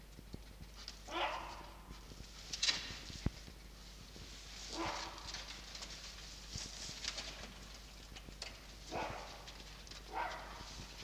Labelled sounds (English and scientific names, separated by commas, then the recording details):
Red Fox (Vulpes vulpes)
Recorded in captivity
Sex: female
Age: diverse
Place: Zoologisches Institut der HUB, Berlin, DE
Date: 1953-04-25 20:15
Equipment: Elmetra
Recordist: Tembrock, Günter